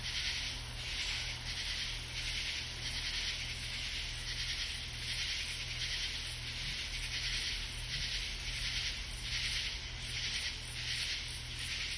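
Katydid rasping calls, repeated bursts of scratchy high chirps with a loose rhythm over constant background hiss and a low hum.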